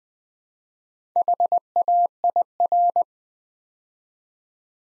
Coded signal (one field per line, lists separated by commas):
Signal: Morse code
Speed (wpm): 20 wpm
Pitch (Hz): 700 Hz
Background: none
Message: HAIR